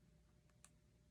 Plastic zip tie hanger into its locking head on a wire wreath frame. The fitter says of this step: one or two clicks